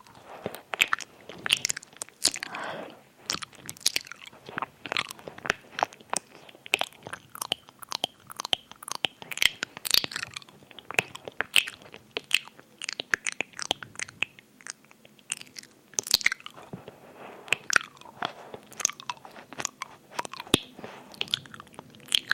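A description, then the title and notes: Eating and mouth sounds: wet chewing, crunches and small clicks arrive in quick, uneven bursts across the whole clip, crisp and bright at the top. A brief lull comes around fifteen seconds before the dense crunching resumes, with a soft low hum underneath. ASMR EAR EATING [tingly mouth sounds].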